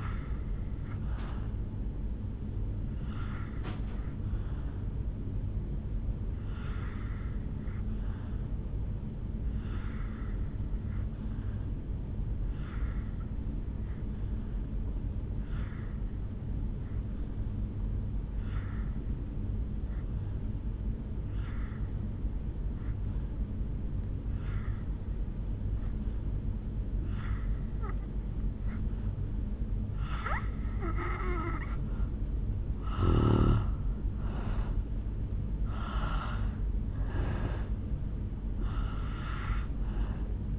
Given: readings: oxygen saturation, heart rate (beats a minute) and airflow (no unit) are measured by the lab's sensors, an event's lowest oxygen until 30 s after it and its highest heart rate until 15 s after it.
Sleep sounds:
breathing in sleep by a smartphone at the bedside; 1
4.00-31.30 s: hypopnea (N2, oxygen 92% highest, then 80% lowest, heart rate 66 at the start, 73 highest)
From the record:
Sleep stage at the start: N2 (light sleep); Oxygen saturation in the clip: 82 to 92%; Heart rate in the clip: 57 to 73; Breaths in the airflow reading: 7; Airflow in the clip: -8.2 to 3.6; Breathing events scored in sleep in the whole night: 449 in 7.0 hours asleep

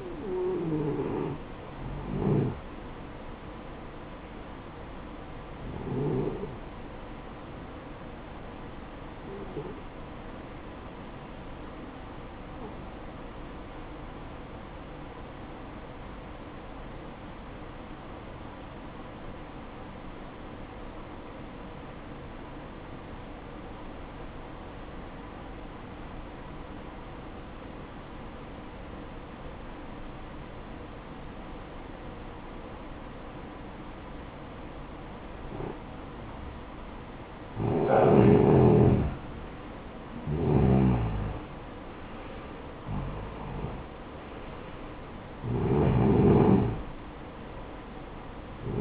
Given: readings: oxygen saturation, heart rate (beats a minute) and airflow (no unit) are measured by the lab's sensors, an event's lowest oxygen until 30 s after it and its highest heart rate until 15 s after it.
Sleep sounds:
breathing in sleep by a voice recorder at the bedside; 1
15.00-38.20 s: obstructive apnea (N1, oxygen 94% highest, then 89% lowest, heart rate 58 at the start, 66 highest)
19.00-48.81 s: new sleep stage, N2 (light sleep)
From the record:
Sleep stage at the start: N1 (lightest sleep); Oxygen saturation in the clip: 88 to 94%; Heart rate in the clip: 54 to 74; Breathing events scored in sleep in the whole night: 573 in 9.8 hours asleep

